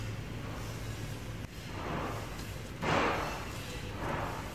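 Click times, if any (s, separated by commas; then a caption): none. A line on a Sondors ebike is slid through an existing hole and pushed toward its adapter fitting, with low handling rustles, soft thumps and a brief louder burst near 2.9 s. Someone talks. Nothing has seated or clicked into the adapter yet.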